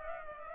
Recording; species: mosquito wingbeat signal from an infrared sensor; Culex pipiens